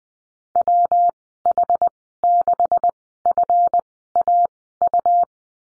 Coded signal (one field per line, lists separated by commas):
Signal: Morse code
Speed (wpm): 20 wpm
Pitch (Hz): 700 Hz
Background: none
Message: WH6FAU